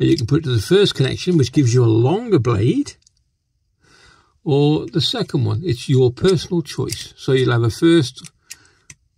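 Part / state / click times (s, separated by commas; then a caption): blade into tool handle connection / seated / 8.5 s, 8.9 s. Someone talks while holding a tool's blade back and pushing it into its handle at the first connection point, which gives a longer blade, or the second, by personal choice. Two sharp clicks at 8.5 s and 8.9 s follow a pause in the talk, and the blade locks into its extension position in the handle.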